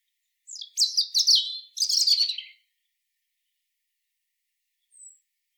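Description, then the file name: European robin song: a fast, high, tinkling warbled phrase in two bursts lasting about two seconds, then silence and one faint thin high note. "Erithacus rubecula"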